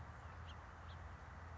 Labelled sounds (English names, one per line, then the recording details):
House Finch
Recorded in Sonoma County, California